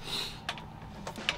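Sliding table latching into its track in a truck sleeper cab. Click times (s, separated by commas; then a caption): 1.3 s. The fold-out table in the sleeper cab of a 2021 Freightliner Cascadia truck is slid along its track, with a few soft knocks and rattles at about 0.5 s and 1.1 s. Its latch clicks into place with a sharp click at 1.3 s, and the table is seated.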